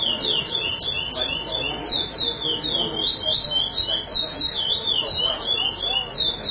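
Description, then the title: Chestnut-bellied seed finch song, a continuous run of rich warbled whistles and slurred notes rising and falling without pause, over faint low background hum. "Canto De Curio"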